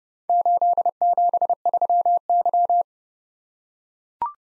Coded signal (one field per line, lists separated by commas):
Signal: Morse code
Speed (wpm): 30 wpm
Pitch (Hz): 700 Hz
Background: none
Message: 873Y